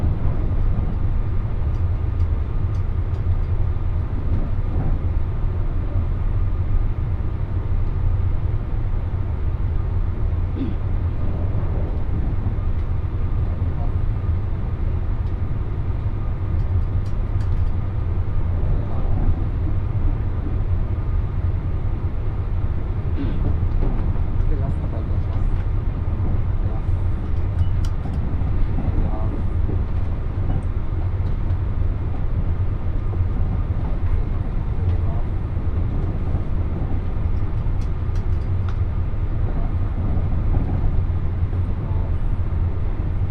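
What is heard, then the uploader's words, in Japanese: Onboard the limited express Yakumo No. 3 on the Hakubi Line from Okayama toward Bitchu-Takahashi, a heavy, steady low rumble fills the whole clip at an even level. Faint clicks and knocks from the running gear surface throughout, with some murmured speech mixed in beneath the drone. 伯備線 岡山→備中高梁 特急やくも3号。列車は381系のパノラマグリーンタイプで、意外と乗っている人が多かったです。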